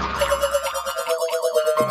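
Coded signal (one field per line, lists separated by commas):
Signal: none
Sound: cartoon music sound effects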